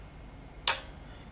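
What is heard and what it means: The latch on a toaster's carriage lever, part of its timing and ejection mechanism, is operated again and gives a single sharp click at 0.7 s against a quiet background. The click confirms the latch has seated, and it is the same click heard when the toaster is in use.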